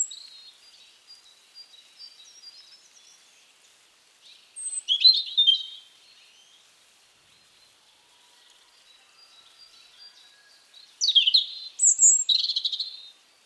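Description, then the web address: European robin singing two bright, varied high phrases several seconds apart, each a quick jumble of thin whistles and trills, with faint twittering between them. "SETE Erithacus rubecula"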